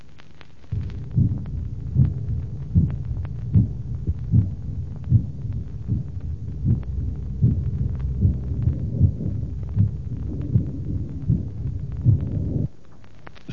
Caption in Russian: При аортальной недостаточности на сонных артериях иногда выслушивается двойной шум Дюрозье.